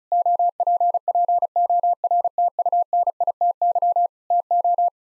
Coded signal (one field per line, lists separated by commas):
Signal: Morse code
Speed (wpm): 34 wpm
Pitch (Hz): 700 Hz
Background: none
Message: OPPORTUNITY TO